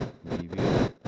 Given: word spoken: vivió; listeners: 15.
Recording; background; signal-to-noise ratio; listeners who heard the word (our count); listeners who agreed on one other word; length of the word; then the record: one Spanish word in noise, from a listening test; noise modulated by one talker; -11.2 dB; 0 of 15; 15 of 15; 0.68 s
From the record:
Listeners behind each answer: 15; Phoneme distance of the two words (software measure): 24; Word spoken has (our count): 2 syllables, 5 phonemes, stress on syllable 2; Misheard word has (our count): 2 syllables, 5 phonemes, stress on syllable 2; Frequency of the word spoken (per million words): 22.69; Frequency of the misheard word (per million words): 123.34